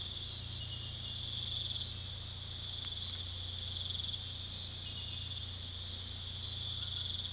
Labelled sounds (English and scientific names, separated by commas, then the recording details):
none
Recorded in pastures near Puerto Asís, Putumayo, Colombia, on 18 February 2024 at 02:30
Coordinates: 0.486, -76.323
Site G6462